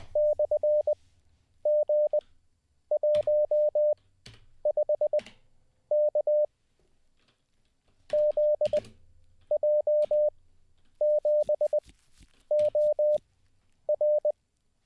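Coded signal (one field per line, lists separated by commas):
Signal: Morse code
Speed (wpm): 20 wpm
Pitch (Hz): 600 Hz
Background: none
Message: /G15K ZJ7OR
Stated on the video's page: Morse practice sent live as part of a daily ten-minute CW learning session.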